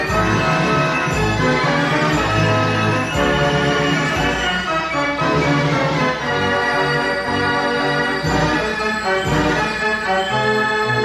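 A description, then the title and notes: A fair organ plays a busy tune, with many bright sustained notes stacked over a pumping bass line that changes every second or so. The loudness stays full and even throughout, with chords shifting regularly and no pauses. Fair Organ.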